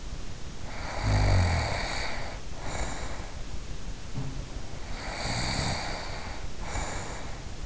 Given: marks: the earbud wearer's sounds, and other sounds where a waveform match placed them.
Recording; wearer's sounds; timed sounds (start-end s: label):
sounds in sleep by an in-ear microphone; snoring breath
0.48-3.54 s: snoring breath
4.06-4.45 s: sound from someone else or the room
4.67-7.66 s: snoring breath